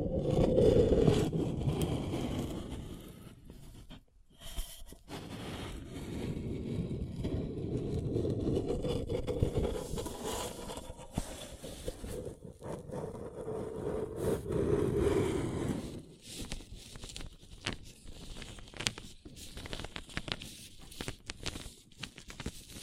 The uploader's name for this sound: Paper Cup Tingles